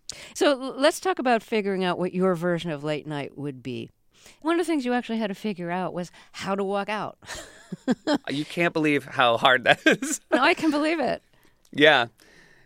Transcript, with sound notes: So let's talk about figuring out what your version of "Late Night" would be. One of the things you actually had to figure out was how to walk out.
(LAUGHTER)
You can't believe how hard that is.
No, I can believe it.
Yeah,